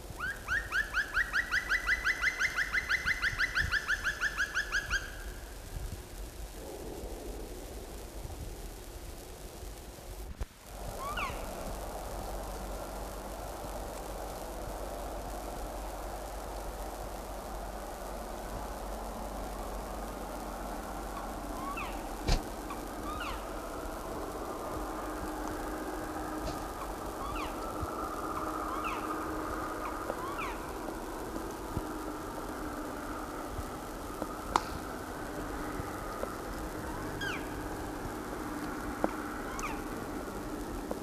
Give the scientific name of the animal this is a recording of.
Dryocopus martius